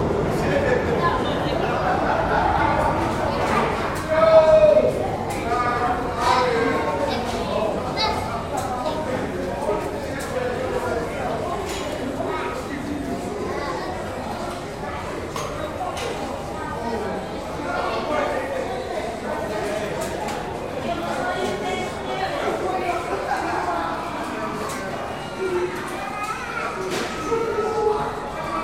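Crowds pass through the cavernous main platform of Broadway Junction, a dense, steady wash of overlapping voices and chatter filling the space. Footsteps and small clatters tick through the murmur, with a brief louder burst near five seconds.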